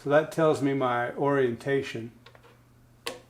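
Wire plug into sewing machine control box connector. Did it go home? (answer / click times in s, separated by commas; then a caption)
yes / 3.1 s. Someone talks while orienting a plug with green and white wires against a reference photo for the control box connector of a Juki LU-2810-7 industrial sewing machine. After a short quiet pause, the plug is pressed in and one loud, sharp click sounds at 3.1 s as it seats in its connector.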